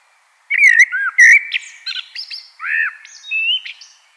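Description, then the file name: Common blackbird singing rich fluty whistles mixed with clicks and bright high twitters, the phrase winding down through several slurred notes. "Turdus merula"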